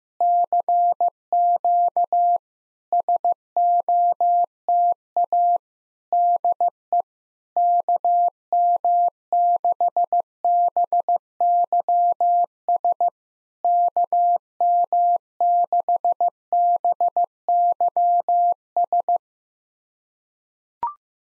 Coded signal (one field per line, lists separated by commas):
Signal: Morse code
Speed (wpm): 15 wpm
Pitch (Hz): 700 Hz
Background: none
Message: CQ SOTA DE KM6BYS KM6BYS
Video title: SOTA QSO Practice 15wpm